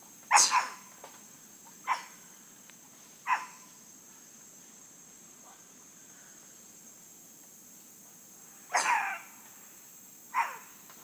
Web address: Natures Songs S America Primates of the Rainforest White-throated capuchin monkey